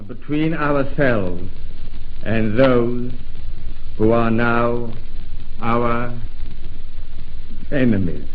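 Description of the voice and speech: Slow, halting speech from an adult man in a wartime radio address telling the nation it is at war again, with drawn-out words and a long silent block before 'enemies', typical of a severe, crippling stammer.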